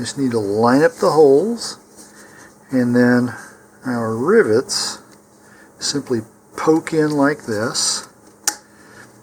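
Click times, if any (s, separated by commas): 8.5 s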